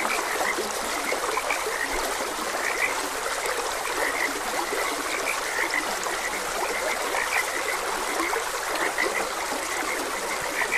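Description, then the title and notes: Frogs croaking in a steady chorus of short repeated notes, with the constant rush and trickle of a stream underneath. Frogs croaking beside a gentle stream; calming nature soundscape. "Gentle Stream and Frogs Croaking. Sleep and Relaxation Podcast"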